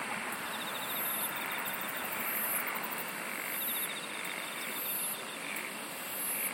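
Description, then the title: Several insects singing, with regular very high pulsed bursts and mid-high trills repeating through a continuous buzzing wash. "SINGING OF INSECTS"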